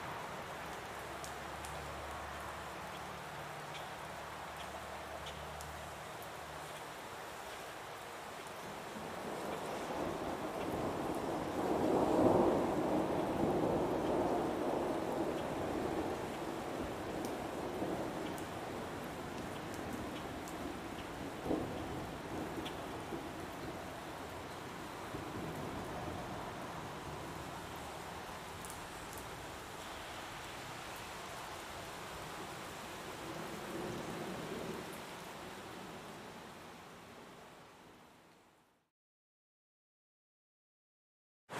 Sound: Rainforest, Birds, and Waterfall Sounds